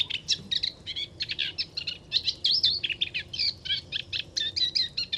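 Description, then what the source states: Moustached warbler song, a busy stream of short chirps, trills and slurred notes delivered at a fast, steady pace. Singing in a reedbed along Chemin de Fangassier, Camargue, 23 March 2019; no wind; bird hard to see in the reeds; recorded with Wildtronic parabola, MKH8020 microphone and MixPre-3.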